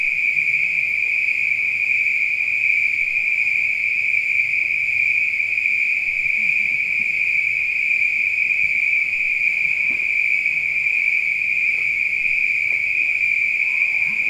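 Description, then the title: Spring peeper chorus sustained as a bright, unbroken high ringing, steady in level for the whole stretch, with faint low sounds beneath. Peepers calling at night. "neoscenes: night peepers"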